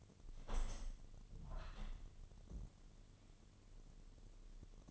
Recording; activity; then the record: daily activity, microphone in the room; open window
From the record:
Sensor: 4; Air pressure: 1007.2 hPa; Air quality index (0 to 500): 183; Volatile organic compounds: 5 ppm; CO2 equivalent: 1820 ppm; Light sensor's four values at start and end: 23/73/28/27 and 23/73/28/27